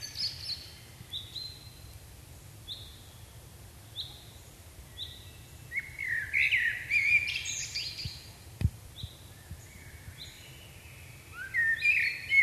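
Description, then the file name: Common blackbird warbling phrases with high squeaky endings, preceded by several short thin high notes. "Turdus merula"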